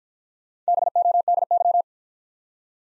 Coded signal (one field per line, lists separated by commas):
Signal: Morse code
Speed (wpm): 49 wpm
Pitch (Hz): 700 Hz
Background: none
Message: BODY